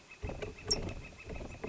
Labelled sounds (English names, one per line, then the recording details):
Northern Flicker
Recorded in Sonoma County, California